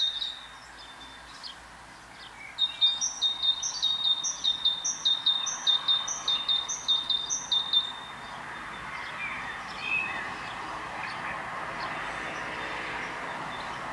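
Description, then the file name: Great tit calling in a rapid run of several high, bright two-part notes, then falling silent, with a steady soft background hiss. "Parus major"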